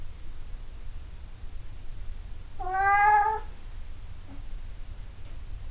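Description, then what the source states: Cat giving a single clear meow amid quiet background hiss. 26 April 2008.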